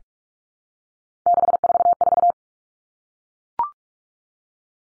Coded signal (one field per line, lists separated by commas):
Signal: Morse code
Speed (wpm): 44 wpm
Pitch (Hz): 700 Hz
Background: none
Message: 644